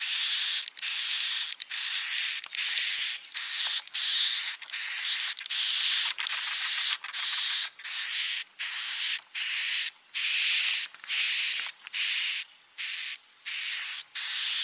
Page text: Suara Burung Walet sufar sinar 77 Suara Panggil, Suara Inap Dan Tarik. INAP BJA